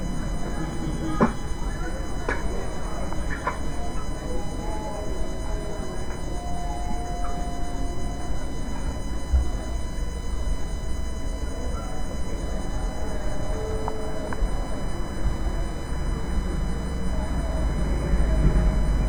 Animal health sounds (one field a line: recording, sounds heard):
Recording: poultry house recording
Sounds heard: healthy chickens